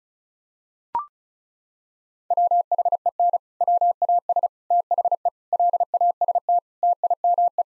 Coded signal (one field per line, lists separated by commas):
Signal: Morse code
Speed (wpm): 34 wpm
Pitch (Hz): 700 Hz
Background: none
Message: WHEN WAS THE LAST TIME